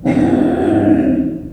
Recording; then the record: squeal of a Yucatan mini pig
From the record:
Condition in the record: after surgery on the right vocal fold (resection and tissue-engineered implant); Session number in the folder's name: 3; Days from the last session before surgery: 21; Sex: female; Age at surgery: 19 weeks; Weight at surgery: 25 kg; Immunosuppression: prednisolone